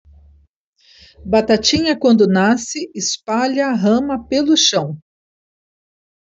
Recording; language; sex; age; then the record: short text; Brazilian Portuguese; female; 50 to 59 years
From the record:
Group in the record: control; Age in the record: 50 years